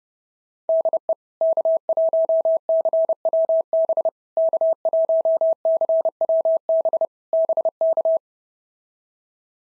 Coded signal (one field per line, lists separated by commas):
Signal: Morse code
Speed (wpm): 32 wpm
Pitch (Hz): 650 Hz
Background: none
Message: DE K1CWB K1CWB BK